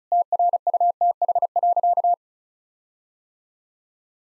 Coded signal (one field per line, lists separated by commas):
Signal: Morse code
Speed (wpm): 34 wpm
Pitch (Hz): 700 Hz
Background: none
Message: TRUTH.